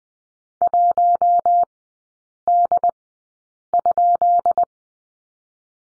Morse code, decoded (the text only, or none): 1D?